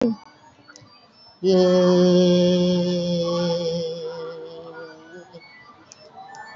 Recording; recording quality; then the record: sustained vowel as in made; moderate, slight background noise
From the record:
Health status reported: COVID-19 positive, moderate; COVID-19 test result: positive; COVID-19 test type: RT-PCR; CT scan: taken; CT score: 5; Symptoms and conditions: cough, cold, sore throat, fever, fatigue, muscle pain, diarrhoea, diabetes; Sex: female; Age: 63 years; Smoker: no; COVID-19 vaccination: none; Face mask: worn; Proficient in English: yes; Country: India